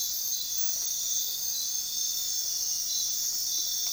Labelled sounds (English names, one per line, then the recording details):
none
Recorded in dense forest near Puerto Asís, Putumayo, Colombia, on 18 February 2024 at 04:30
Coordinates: 0.466, -76.327
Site G6413